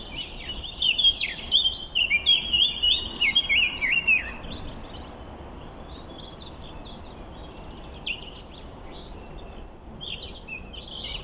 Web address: SETE Sylvia atricapilla